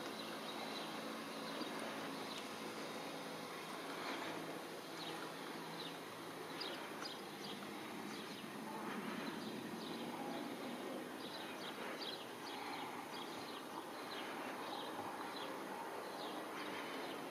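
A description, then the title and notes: A young collared dove gives short, high squeaky calls throughout, over a constant dense hum of traffic and outdoor noise. First young of Eurasian collared dove in the garden below my apartment. Video made with my Digicam Panasonic TZ61. Young dove.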